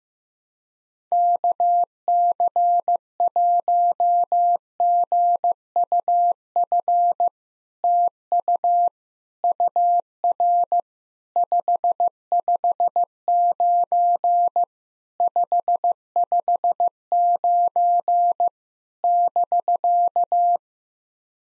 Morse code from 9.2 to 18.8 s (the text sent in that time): UR 559 559